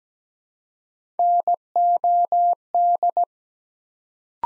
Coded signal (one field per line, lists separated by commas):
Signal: Morse code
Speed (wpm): 17 wpm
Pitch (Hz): 700 Hz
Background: none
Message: NOD